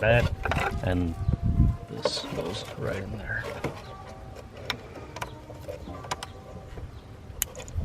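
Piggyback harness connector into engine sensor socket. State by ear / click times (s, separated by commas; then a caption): seated / 7.4 s. A plastic piggyback harness connector is pushed into its mating socket on an engine sensor while someone talks. A few small clicks and knocks follow, then a sharp click at 7.4 seconds as the connector seats and locks.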